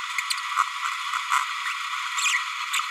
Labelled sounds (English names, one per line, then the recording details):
Green-rumped Parrotlet babbling
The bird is a male
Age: 30 days
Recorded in a nest box in Venezuela
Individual 17B102A4